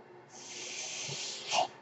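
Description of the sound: A soft, steady airy hiss lasting about a second and a half rises gently, then ends in a brief louder puff. It is the airflow of a home mechanical ventilator delivering a single breath, heard in a pause between speech.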